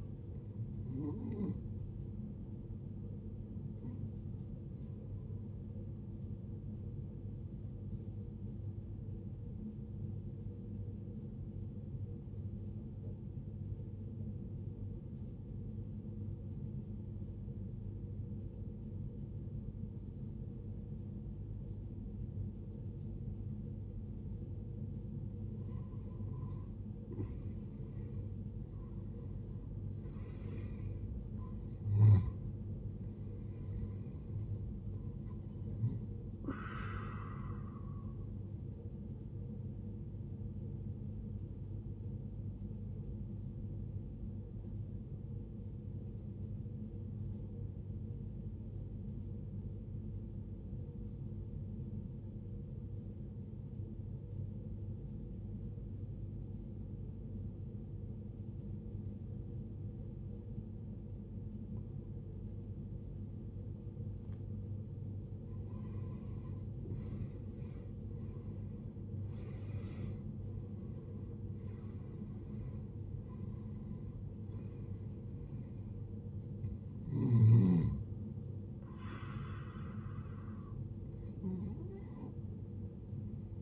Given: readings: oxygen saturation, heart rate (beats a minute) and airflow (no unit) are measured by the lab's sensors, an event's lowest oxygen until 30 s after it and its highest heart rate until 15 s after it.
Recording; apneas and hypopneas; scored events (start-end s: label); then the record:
breathing in sleep by a smartphone at the bedside; 2
12.00-26.50 s: obstructive apnea (N2, oxygen 95% highest, then 84% lowest, heart rate 55 at the start, 73 highest)
44.00-69.40 s: obstructive apnea (N2, oxygen 95% highest, then 78% lowest, heart rate 62 at the start, 76 highest)
58.00-83.61 s: new sleep stage, N1 (lightest sleep)
From the record:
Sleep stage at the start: N2 (light sleep); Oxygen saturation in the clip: 81 to 95%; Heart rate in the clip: 53 to 76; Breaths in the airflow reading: 11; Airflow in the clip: -16.6 to 16.6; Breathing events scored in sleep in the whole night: 389 in 6.3 hours asleep